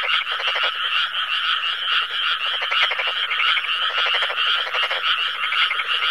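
Frogs croaking in a dense chorus, with rapid pulsed rattling calls overlapping into a steady, unbroken din throughout.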